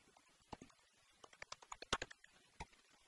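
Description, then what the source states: Bat echolocation calls rendered audible as sharp, dry clicks, scattered irregularly with short gaps, a loose cluster near the middle and a lone click toward the end. Ultrasonic calls.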